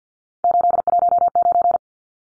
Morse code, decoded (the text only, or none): 819